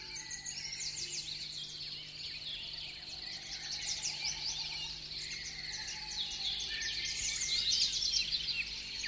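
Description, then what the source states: Birds give overlapping high chirps and trilled phrases in a steady chorus that grows a little fuller toward the end. Morning.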